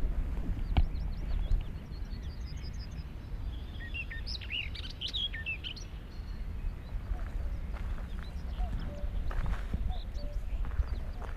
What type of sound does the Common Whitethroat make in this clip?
song